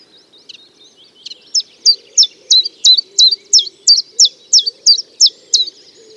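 Common chiffchaff song: faint soft notes build into a clear, even run of many high, falling chips, about three per second.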